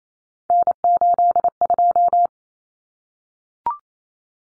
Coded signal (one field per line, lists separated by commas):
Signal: Morse code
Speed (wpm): 28 wpm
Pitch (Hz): 700 Hz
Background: none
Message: N82